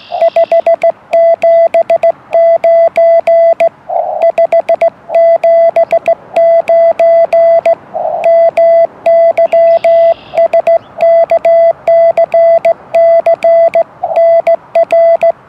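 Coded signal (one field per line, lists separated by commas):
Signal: Morse code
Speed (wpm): 16 wpm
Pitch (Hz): 670 Hz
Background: none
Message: 579 579 MY SKCC NR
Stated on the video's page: 2xQRP CW contact on 40m using a YouKits mono-band transceiver and tri-band linked dipole, operated outdoors portable in rain.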